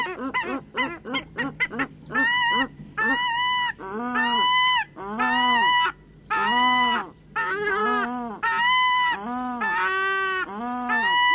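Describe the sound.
Paradise shelduck calls, quick short honks at first, then drawn-out nasal honks about a second long, repeated with short pauses.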